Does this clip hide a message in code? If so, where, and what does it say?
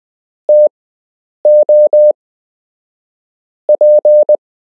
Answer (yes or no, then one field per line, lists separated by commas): yes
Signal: Morse code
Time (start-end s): 0.5-4.3 s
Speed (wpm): 20 wpm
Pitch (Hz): 600 Hz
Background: none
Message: TOP